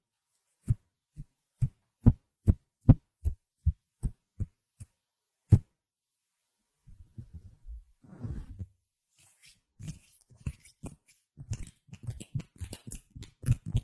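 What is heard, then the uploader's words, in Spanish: Hand sounds: a run of sharp, evenly spaced claps for six seconds, then softer rubbing and brushing, ending in quicker, irregular taps and patting. ASMR Sonidos de manos. Chasquidos, frotaciones, palmadas y demás.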